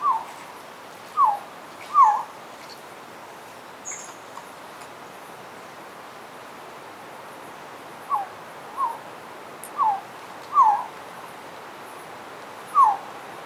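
Resplendent quetzal calling with short downward-slurred whistles in loose groups, pausing several seconds midway.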